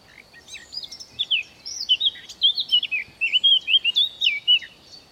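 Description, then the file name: Eurasian blackcap singing a quick warble that turns into rich, loud whistled phrases rising and falling, over a constant faint background hiss. "Sylvia atricapilla"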